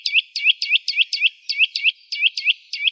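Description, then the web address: Eurasian nuthatch calling: a rapid run of short, upward-sweeping whistled notes, roughly four each second, with no other sounds. "Sitta europaea"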